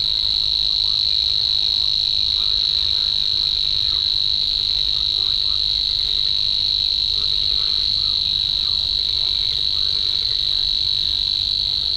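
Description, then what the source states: Savi's warbler song: a long, even, high-pitched reeling trill like an insect, sustained throughout without a break, with faint bird calls underneath. Slatina pond, Prague, Czech Republic; 16 June 2013, 21:31–21:35 CEST; only regular Prague site, breeding there yearly in several pairs; at least two breeding pairs in 2013.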